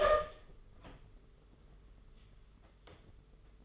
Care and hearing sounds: daily activity, microphone in the room; open door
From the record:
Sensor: 4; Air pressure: 992.4 hPa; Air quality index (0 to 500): 113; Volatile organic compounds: 22 ppm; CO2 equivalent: 2740 ppm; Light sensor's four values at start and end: 21/75/27/29 and 23/77/28/30

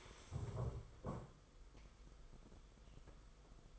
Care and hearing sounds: daily activity, microphone in the room; stand up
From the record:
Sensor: 5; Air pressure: 990.8 hPa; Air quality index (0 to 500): 150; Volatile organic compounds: 164 ppm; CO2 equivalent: 4082 ppm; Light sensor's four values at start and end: 40/124/47/50 and 40/124/47/50

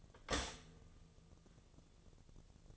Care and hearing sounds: daily activity, microphone in the room; stop toaster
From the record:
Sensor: 4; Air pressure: 1001.1 hPa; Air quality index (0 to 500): 152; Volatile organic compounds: 2 ppm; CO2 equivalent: 1113 ppm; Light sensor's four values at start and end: 19/45/19/20 and 19/44/18/20

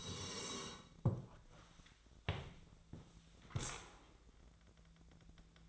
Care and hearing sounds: daily activity, microphone in the room; sit down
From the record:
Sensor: 3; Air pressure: 1000.5 hPa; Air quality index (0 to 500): 168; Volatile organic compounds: 3 ppm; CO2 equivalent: 1471 ppm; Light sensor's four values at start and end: 14/34/14/15 and 15/33/14/15

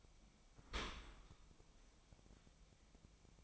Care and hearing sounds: daily activity, microphone in the room; open dishwasher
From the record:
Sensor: 1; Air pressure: 1003.1 hPa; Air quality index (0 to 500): 196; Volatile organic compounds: 6 ppm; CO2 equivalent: 1871 ppm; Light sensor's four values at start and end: 16/40/17/20 and 16/40/17/20

